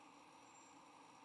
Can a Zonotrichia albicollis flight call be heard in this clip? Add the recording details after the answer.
no. No flight call is heard. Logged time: 09:09 on 22 November 2014